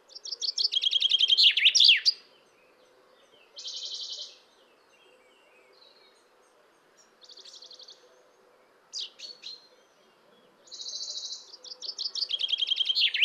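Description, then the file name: Common chaffinch singing: a full descending trill with a terminal flourish, short isolated trill fragments, a few sharp notes, then another song starting at the end. "Fringilla coelebs"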